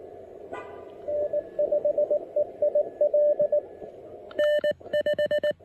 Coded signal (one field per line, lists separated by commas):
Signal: Morse code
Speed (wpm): 19 wpm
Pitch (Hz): 600 Hz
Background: radio noise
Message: N5EIL N5